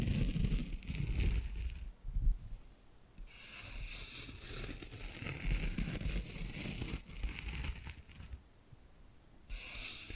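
Tapping and scratching sounds with soft rustly scraping in bursts, bright hissy patches alternating with quieter, lower thumping stretches every few seconds.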